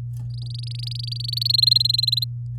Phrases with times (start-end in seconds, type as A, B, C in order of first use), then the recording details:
0.30-1.48 A, 1.49-2.24 B. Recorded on 4 May 2018 at 06:25. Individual llb16